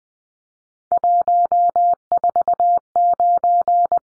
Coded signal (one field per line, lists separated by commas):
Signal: Morse code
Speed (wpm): 20 wpm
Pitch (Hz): 700 Hz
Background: none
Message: 149